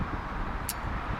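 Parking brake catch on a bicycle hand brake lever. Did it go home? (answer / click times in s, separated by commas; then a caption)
released / 0.7 s. Someone squeezes the hand brake lever on a cargo bike, and the parking-brake catch on the lever releases with a small, sharp click at 0.7 s. A steady background of outdoor traffic and wind noise continues throughout. The parking brake is released.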